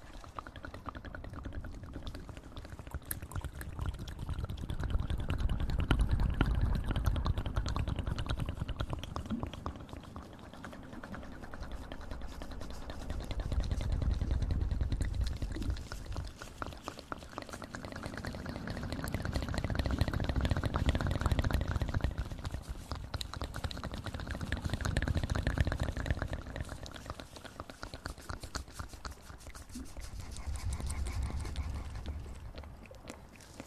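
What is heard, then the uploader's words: Slow, heavy breathing rises and falls in long waves, each swell lasting several seconds and peaking around 6, 14, 21 and 32 seconds. Dense, low rushing air fills each breath, while quick clicking mouth sounds patter through the quieter gaps. Mouth Sounds & Breathing.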